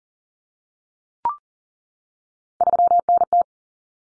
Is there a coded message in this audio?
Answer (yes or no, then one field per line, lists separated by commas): yes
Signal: Morse code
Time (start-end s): 2.6-3.4 s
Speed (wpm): 40 wpm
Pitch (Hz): 700 Hz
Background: none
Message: 3NT